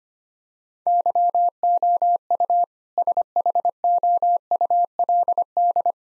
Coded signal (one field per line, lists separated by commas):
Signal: Morse code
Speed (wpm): 25 wpm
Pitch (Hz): 700 Hz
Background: none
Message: YOU SHOULD